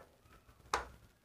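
A memory stick (RAM module) is pressed down at both ends into a motherboard memory slot until the side latches lock automatically. Against a quiet background, a single sharp click sounds at 0.7 s and fades quickly. The module is seated.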